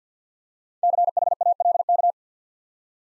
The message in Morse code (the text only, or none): CHALK